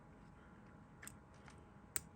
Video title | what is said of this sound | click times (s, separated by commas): CANADIAN WATERMANS IDEAL 52 FOUNTAIN PEN | there we go and that just locks into place | 2.0 s